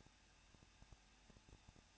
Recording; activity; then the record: daily activity, microphone in the room; no activity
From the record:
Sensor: 2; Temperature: 21.0 degrees Celsius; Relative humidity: 37.3%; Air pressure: 1006.4 hPa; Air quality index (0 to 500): 220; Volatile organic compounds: 23 ppm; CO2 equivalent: 2779 ppm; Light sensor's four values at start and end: 2/3/2/2 and 2/3/2/2